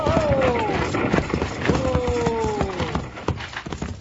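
Rapid clattering hoofbeats of runaway horses pulling a coach, slowing as they are reined in under two long, drawn-out shouts of "Whoa!" from a man's voice, with jangling and rumbling beneath the hooves.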